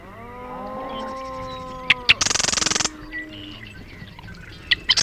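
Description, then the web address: Marsh wren giving one fast, rattling trill after a couple of clicks. Steady low honking tones sound beforehand, and a few more clicks follow. "Marsh Wren Sounds --LNSCourse Cassette"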